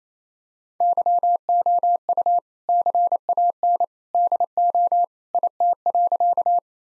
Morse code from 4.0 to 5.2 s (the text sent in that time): DO